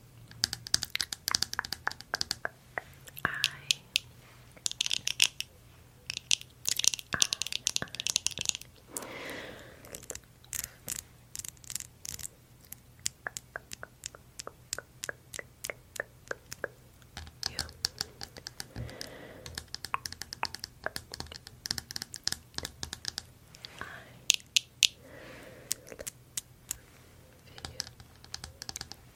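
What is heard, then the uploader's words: Rapid tapping on a camera and glasses, sharp bright clicks in dense bursts, with crinkly rustling and a low steady hum. ASMR Hello Sleepyhead I You Repeating My Intro & Outro - lots of camera & glasses tapping.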